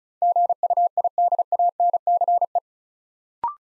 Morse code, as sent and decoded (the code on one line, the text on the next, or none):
--. ..- .. -.. .- -. -.-. .
GUIDANCE